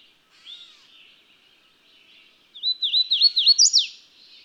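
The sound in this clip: Bird song, soft high twittering and then a loud burst of repeated whistled slurs climbing to a swift falling note.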